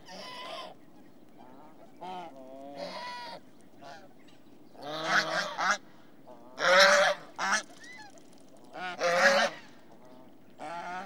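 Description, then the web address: Swan goose: swan geese honking in loose bursts, harsh nasal calls overlapping in several loud clusters, with quieter honks between them over a low steady background hum. "BBC Sound Effects Library. Swan Geese"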